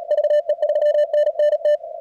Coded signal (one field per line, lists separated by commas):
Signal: Morse code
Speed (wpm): 37 wpm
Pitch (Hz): 620 Hz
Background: radio noise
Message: VE3NNT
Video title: cwops cwt 0300 session 130-111